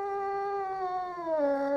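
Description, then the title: Cat giving a drawn-out, tense moaning yowl, steady and then sliding lower toward the end. Angry cat. "Звук злой кошки"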